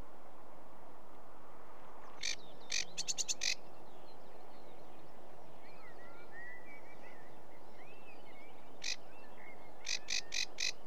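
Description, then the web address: Sedge warbler sounds in two short bursts of rapid, dry clicking notes separated by a long pause, with faint thin whistles in between. "BBC Sound Effects Library BBC - Birds Sedge Warbler"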